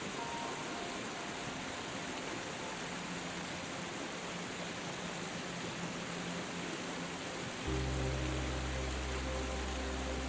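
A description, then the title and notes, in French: A waterfall rushes steadily and densely, a full hiss that fills everything. Soft, sustained music notes sit faintly underneath it. Near the eight-second mark, deep, warm low tones swell in, and the sound grows slightly fuller to the end. S'ENDORMIR avec une CASCADE Apaisante et une Douce MUSIQUE. Le murmure apaisant d'une cascade se mêle à la douceur d'une mélodie enveloppante.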